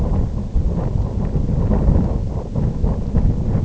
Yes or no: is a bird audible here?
no